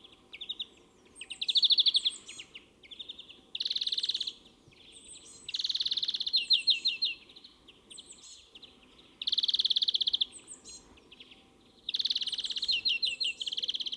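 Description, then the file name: European greenfinch song, rolling trills and buzzy twitters in loud bursts at irregular intervals, with a steady low hum behind. "Chloris chloris"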